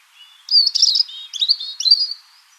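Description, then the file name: European robin singing one short phrase of thin, high warbled notes with a quick jumbled twitter in the middle; otherwise quiet. "Erithacus rubecula"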